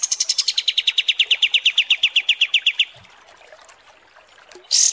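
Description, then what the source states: Kapas tembak: bird song: a long rapid series of bright high notes, slightly falling at the start, then quiet, ending with a brief harsh burst. Masteran (tutor recording for training cage birds) of kapas tembak song, described as 'mewah' (luxurious).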